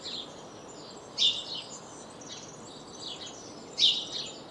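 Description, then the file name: House sparrow calls, two prominent harsh chirps a few seconds apart, with softer twittering throughout. "Passer domesticus"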